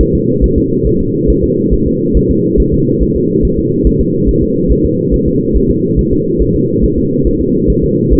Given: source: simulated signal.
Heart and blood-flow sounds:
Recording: fetal heart sounds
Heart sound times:
0.01 s: S1
0.15 s: S2
0.44 s: S1
0.58 s: S2
0.87 s: S1
1.01 s: S2
1.30 s: S1
1.44 s: S2
1.74 s: S1
1.88 s: S2
2.17 s: S1
2.31 s: S2
2.60 s: S1
2.74 s: S2
3.03 s: S1
3.17 s: S2
3.45 s: S1
3.59 s: S2
3.87 s: S1
4.01 s: S2
4.29 s: S1
4.43 s: S2
4.72 s: S1
4.86 s: S2
5.14 s: S1
5.28 s: S2
5.56 s: S1
5.70 s: S2
5.99 s: S1
6.13 s: S2
6.42 s: S1
6.56 s: S2
6.84 s: S1
6.98 s: S2
7.27 s: S1
7.41 s: S2
7.70 s: S1
7.84 s: S2
8.13 s: S1
From the record:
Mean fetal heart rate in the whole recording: 140 bpm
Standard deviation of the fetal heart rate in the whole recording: 2 bpm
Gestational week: 34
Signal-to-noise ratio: -11.2 dB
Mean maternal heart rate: 72 bpm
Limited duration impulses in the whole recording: present

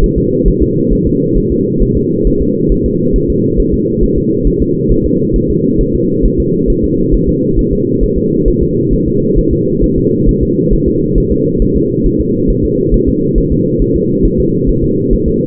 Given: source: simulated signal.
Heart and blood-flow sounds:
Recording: fetal heart sounds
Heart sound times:
0.04 s: S1
0.18 s: S2
0.48 s: S1
0.62 s: S2
0.93 s: S1
1.07 s: S2
1.38 s: S1
1.52 s: S2
1.82 s: S1
1.97 s: S2
2.27 s: S1
2.42 s: S2
2.72 s: S1
2.86 s: S2
3.16 s: S1
3.30 s: S2
3.60 s: S1
3.74 s: S2
4.03 s: S1
4.18 s: S2
4.47 s: S1
4.62 s: S2
4.92 s: S1
5.06 s: S2
5.36 s: S1
5.50 s: S2
5.81 s: S1
5.95 s: S2
6.25 s: S1
6.40 s: S2
6.70 s: S1
6.84 s: S2
7.14 s: S1
7.29 s: S2
7.59 s: S1
7.73 s: S2
8.03 s: S1
8.18 s: S2
8.48 s: S1
8.62 s: S2
8.93 s: S1
9.08 s: S2
9.39 s: S1
9.53 s: S2
9.84 s: S1
9.98 s: S2
10.29 s: S1
10.43 s: S2
10.73 s: S1
10.88 s: S2
11.18 s: S1
11.32 s: S2
11.62 s: S1
11.76 s: S2
12.06 s: S1
12.21 s: S2
12.50 s: S1
12.65 s: S2
12.94 s: S1
13.09 s: S2
13.38 s: S1
13.52 s: S2
13.82 s: S1
13.96 s: S2
14.26 s: S1
14.40 s: S2
14.69 s: S1
14.84 s: S2
15.13 s: S1
15.28 s: S2
From the record:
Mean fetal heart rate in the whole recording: 135 bpm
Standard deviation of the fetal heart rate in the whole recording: 3 bpm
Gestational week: 36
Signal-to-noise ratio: -11.2 dB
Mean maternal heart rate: 72 bpm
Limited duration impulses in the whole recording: present

